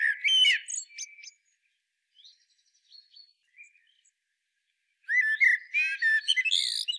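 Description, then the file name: Common blackbird warbling a fluted phrase, then a few soft notes, then resuming with a louder warble and a shrill, squeaky ending. "Turdus merula"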